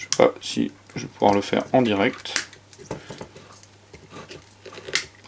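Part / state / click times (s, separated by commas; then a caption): retaining ring on a CPU water-cooler pump head / released / 5.0 s. Someone talks while holding the round pump head of a Corsair H105 all-in-one CPU water cooler, then unclips the plastic retaining ring that holds the mounting bracket (claw) on it. Small handling ticks are heard between about 2.7 and 4.9 s, followed by a sharp snap at 5.0 s as the ring releases from the bracket.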